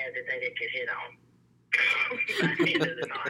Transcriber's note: laughter